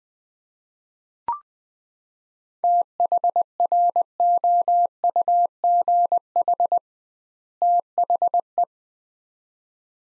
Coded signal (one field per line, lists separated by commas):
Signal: Morse code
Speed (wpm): 20 wpm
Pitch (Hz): 700 Hz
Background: none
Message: THROUGH THE